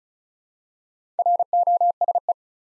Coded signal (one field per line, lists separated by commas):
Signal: Morse code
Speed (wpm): 36 wpm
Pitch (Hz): 700 Hz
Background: none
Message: ROSE